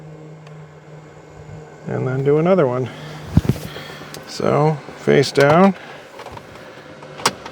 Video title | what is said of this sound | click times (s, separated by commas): Volvo Key Fob Programming | locks into place it's | 7.3 s